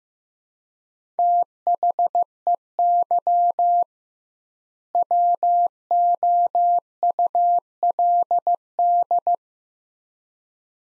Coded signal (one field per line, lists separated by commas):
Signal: Morse code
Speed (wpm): 15 wpm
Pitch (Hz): 700 Hz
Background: none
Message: THEY WOULD